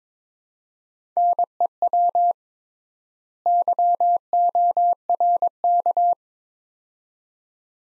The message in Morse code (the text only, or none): NEW YORK